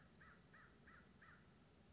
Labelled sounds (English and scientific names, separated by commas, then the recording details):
American Crow (Corvus brachyrhynchos)
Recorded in Sonoma County, California